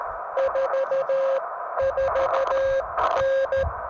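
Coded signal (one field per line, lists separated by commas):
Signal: Morse code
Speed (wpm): 13 wpm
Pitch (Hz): 540 Hz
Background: radio noise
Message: 44N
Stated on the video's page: Summits on the Air activation on Noble Mountain.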